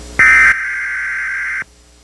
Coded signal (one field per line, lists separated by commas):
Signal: Emergency Alert System (SAME) tones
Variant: header bursts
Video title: EAS YTP: M I K E